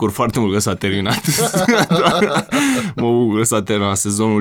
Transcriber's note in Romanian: râde cu poftă